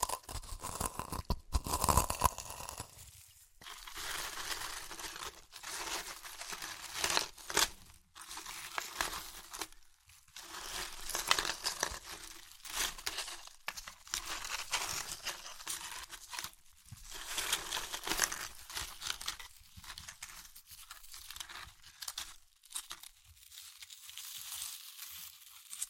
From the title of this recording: Satisfying Chips Crunchy Crushing & Eating Sounds